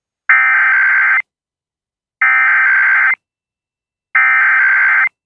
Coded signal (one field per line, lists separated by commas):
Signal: Emergency Alert System (SAME) tones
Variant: header bursts